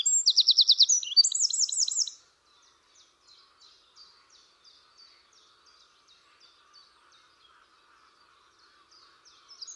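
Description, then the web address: Bird song opens with two loud rapid trilled phrases, then gives way to faint, scattered high ticks and chirps. "cianscape birddata Deverinetal 2025"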